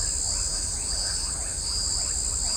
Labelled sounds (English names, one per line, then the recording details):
none
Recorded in shrubland near Pivijay, Magdalena, Colombia, on 3 June 2023 at 20:00
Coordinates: 10.453, -74.365
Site P5-G022